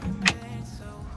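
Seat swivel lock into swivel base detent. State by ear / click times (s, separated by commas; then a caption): seated / 0.3 s. A 2018 Mercedes Sprinter van seat on a Pocono swivel base is rotated until its swivel seat lock lines up and snaps into the base detent. A single very crisp, bright snap is heard at 0.3 s over a low, steady hum. The lock is confirmed seated and engaged.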